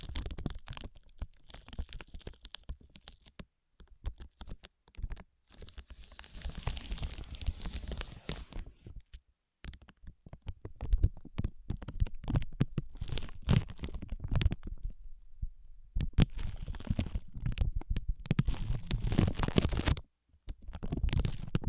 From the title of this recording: Ear Massage, Cleaning